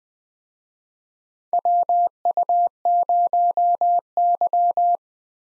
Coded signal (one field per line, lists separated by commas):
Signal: Morse code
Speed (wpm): 20 wpm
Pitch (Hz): 700 Hz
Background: none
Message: WU0Y